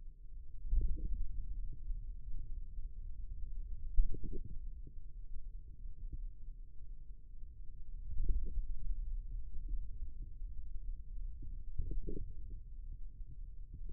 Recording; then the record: forearm muscle sounds (acoustic myography)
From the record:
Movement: ulnar deviation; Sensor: system 2, bracelet of six BSWA MPA416 microphones around the upper forearm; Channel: 4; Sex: male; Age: 22 years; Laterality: right